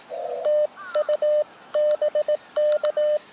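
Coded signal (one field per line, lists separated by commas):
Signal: Morse code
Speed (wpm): 17 wpm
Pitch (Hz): 600 Hz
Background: none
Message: TU BK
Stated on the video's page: Beginner Morse code at 18 WPM during a POTA park activation on 40m 7 MHz and 30m 10 MHz, including park-to-park contacts.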